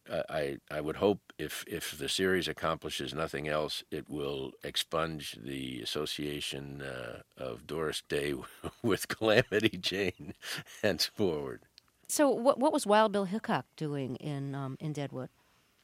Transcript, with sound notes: I would hope, if the series accomplishes nothing else, it will expunge the association of Doris Day (laughter) with Calamity Jane henceforward.
So what was Wild Bill Hickok doing in Deadwood?